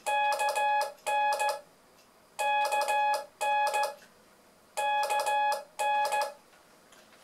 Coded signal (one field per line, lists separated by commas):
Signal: Morse code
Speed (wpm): 15 wpm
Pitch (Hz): 840 Hz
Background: none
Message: KN KN KN